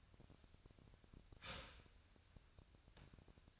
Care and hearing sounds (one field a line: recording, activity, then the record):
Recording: daily activity, microphone in the room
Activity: start toaster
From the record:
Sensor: 2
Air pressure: 1001.8 hPa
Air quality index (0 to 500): 245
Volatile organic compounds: 36 ppm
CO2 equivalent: 3087 ppm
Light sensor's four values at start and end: 10/31/12/12 and 10/31/12/12